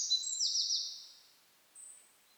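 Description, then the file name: Eurasian wren song fragment, a rapid high trill of sharp notes fading after about a second, then a brief high thin note near the end. "Troglodytes troglodytes"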